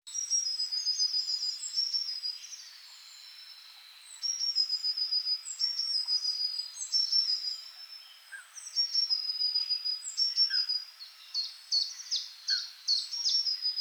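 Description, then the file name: Eurasian blue tit calls: thin, high notes and rapid clipped chips in bursts with short pauses, with a few fainter lower notes. "Cyanistes caeruleus"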